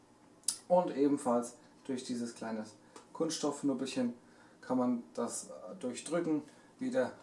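A plastic magazine is pushed up into the underside of an S&T Armament M870 "Police Edition" spring-powered airsoft shotgun and seats with a sharp click at 0.5 s. Someone then talks for the rest of the clip.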